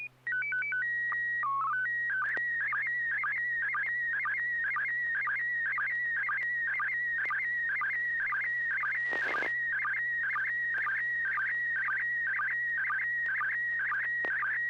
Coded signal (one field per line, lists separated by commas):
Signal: SSTV (slow-scan television)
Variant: PD 120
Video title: N6NA SSTV Net - 05/08/2024